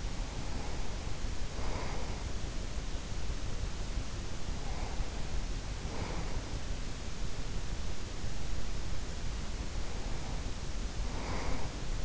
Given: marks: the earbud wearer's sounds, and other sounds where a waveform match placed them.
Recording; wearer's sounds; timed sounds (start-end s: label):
sounds in sleep by an in-ear microphone; breath
0.00-2.92 s: breath
4.34-6.63 s: breath
9.08-12.05 s: breath